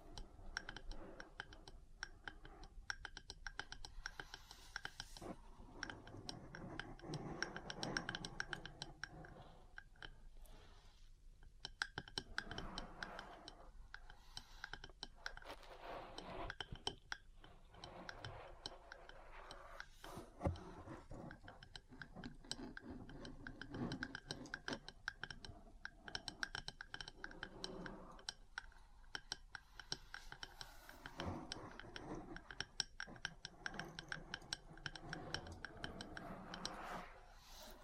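Metal parts tap and scratch against each other in a busy, irregular stream of small clicks and clacks, dense like rapid typing. Short bursts of grinding scrapes swell and fade throughout, with brief pauses near 10 and 17 seconds before the tapping resumes.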